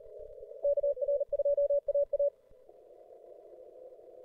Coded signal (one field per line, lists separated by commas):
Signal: Morse code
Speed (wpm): 38 wpm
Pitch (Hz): 570 Hz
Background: radio noise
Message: KR2AA